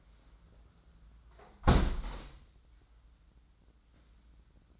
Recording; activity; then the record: daily activity, microphone in the room; close window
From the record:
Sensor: 3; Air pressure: 994.3 hPa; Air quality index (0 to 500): 205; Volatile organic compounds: 1000 ppm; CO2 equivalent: 6873 ppm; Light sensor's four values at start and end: 98/229/93/86 and 90/215/86/78